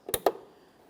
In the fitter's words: An audible click from that.